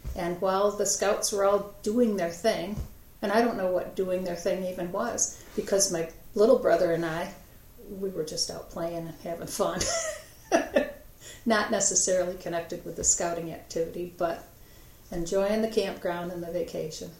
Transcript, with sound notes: And while the scouts were all doing their thing, and I don't know what ‘doing their thing' even was, because little brother and I were just out playing and having fun. [Laughter.] Not necessarily connected with the scouting activity, but enjoying the campground and the vacation.